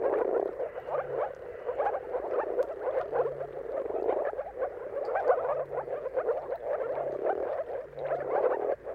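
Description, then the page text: Dense chorus of moor frogs, overlapping muffled gurgling notes in continuous rapid succession. Chorus of many moor frogs giving mating calls at sunrise, at the turn of March and April depending on weather. "Jakub-Orzecki moor frogs. Dawn’s Chorus: Mating Calls of Marsh Frogs at Sunrise. Depending on the weather at the turn of March and April, you can witness an amazing spectacle of moor frogs"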